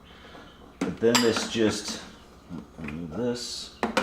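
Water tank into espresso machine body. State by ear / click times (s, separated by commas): not seated / none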